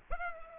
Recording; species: mosquito wingbeat signal from an infrared sensor; Culex pipiens